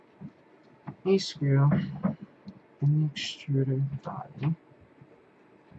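A tube or fitting is being handled at the screw-in fitting of a 3D printer's extruder body while someone talks. No click is heard, and the part has not yet locked into place; nothing has seated or clicked yet.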